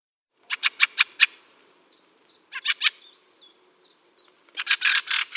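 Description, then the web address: Fieldfare call series of harsh chuckling notes in quick succession, with soft thin squeaks between them and a louder rattling burst at the end. "Schulze Peter Fieldfare calls"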